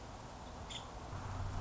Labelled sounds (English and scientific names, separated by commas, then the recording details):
Nuttall's Woodpecker (Dryobates nuttallii)
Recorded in Sonoma County, California